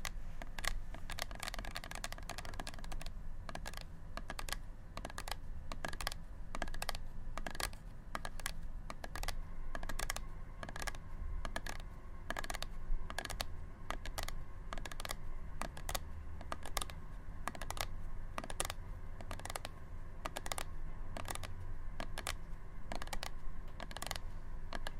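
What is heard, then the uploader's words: Tapping sounds come as sharp, crisp clicks in a fairly quick, uneven rhythm that runs through the whole stretch, much like typing on a keyboard. The taps stay at an even loudness. A soft, steady low hum sits underneath throughout. ASMR Tapping.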